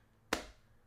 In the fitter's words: Solid click onto there.